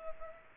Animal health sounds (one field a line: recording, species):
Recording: mosquito wingbeat signal from an infrared sensor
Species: Culex pipiens